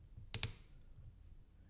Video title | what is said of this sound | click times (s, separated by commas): Relaxing LEGO Build - The Burrow: Ron's Room, Attic - Calm, Cozy Narration | Even two clicks. Nice. | 0.3 s, 0.4 s